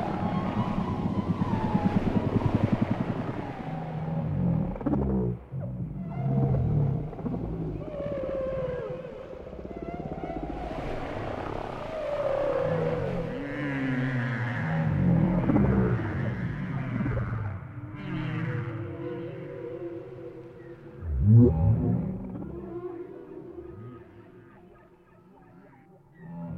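Whale sounds fill the recording with low moans, groans and gliding calls that rise and fall in pitch, overlapping almost without pause. A deep rumble runs underneath throughout, and a louder, sharper call stands out around twenty-one seconds.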